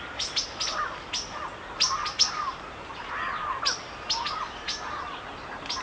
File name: Nature Sounds Sonido Del Bosque y Naturaleza It s Raining - Calming Nature Bird Songs